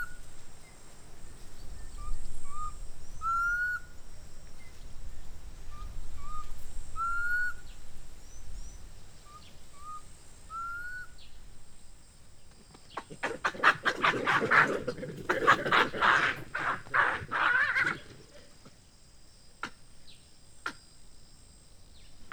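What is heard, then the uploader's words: Outdoor sound from Mmabolela Reserve in Limpopo, South Africa: a bird repeats short rising whistles, two quick notes then a longer upslur, about every two and a half seconds. A steady high insect whine runs throughout, and from about 13 to 18 seconds a dense, harsh chattering rattle bursts in. Mmabolela Reserve, Limpopo, South Africa. With the exception of one particularly rainy day at the homestead, everything was recorded far from human interference.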